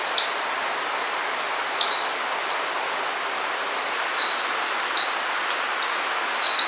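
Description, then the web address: Bird giving high, thin warbled phrases of quick up-and-down slurs, one early burst and another near the end, over constant background hiss. "BIRD 2015 SABIOD bird 2015"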